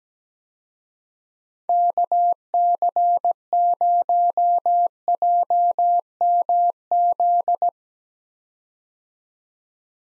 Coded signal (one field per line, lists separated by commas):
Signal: Morse code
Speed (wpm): 17 wpm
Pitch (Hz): 700 Hz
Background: none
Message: KC0JMZ